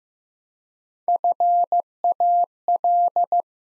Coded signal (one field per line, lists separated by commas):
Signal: Morse code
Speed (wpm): 15 wpm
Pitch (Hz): 700 Hz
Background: none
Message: FAL